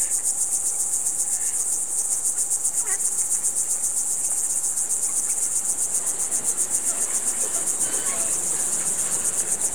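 Cricket chirping in a continuous rapid high-pitched pulse, unbroken from start to finish, with a few soft, brief lower sounds mixed in.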